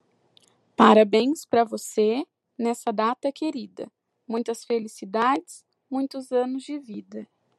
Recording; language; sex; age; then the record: short text; Brazilian Portuguese; female; 20 to 29 years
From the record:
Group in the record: control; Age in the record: 26 years